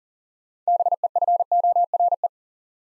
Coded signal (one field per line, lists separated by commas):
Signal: Morse code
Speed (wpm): 40 wpm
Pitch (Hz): 700 Hz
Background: none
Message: BEFORE